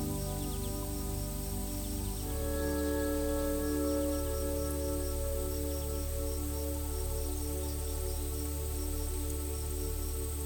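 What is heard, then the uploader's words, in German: Gentle music with sustained, held tones over a deep steady drone, shifting to a new chord at about two seconds and then holding evenly. Faint, short high chirps repeat in the background like forest birds. Klängen des WALDES und sanfter MUSIK. Diese Episode präsentiert die therapeutischen Geräusche des Waldes, verflochten mit zart entspannender Musik.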